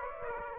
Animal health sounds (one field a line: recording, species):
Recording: mosquito wingbeat signal from an infrared sensor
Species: Aedes aegypti